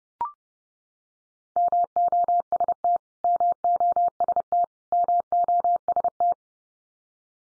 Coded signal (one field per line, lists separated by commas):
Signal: Morse code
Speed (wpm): 30 wpm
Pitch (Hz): 700 Hz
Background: none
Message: MOST MOST MOST